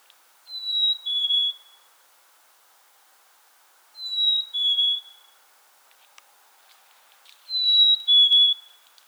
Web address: Outdoor Ed Girl Scout Black-Capped. Chickadee